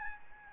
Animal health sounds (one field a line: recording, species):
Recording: mosquito wingbeat signal from an infrared sensor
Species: Aedes albopictus